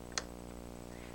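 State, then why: Seated. A metal bobbin case on a PFAFF creative 7570 sewing machine is pushed straight onto the center pin of the hook area. A faint tick at 0.1 s comes just before a sharp, short click at 0.2 s as the case seats onto the pin, over a steady low hum. The bobbin case is seated.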